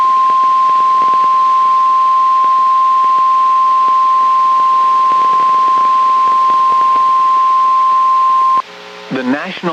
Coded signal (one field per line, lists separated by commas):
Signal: Emergency Alert System (SAME) tones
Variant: 1050 Hz attention tone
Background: speech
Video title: NOAA Weather Radio · WWH23 Buchanan, Georgia · EAS #16 · Severe Thunderstorm Warning · 02/16/25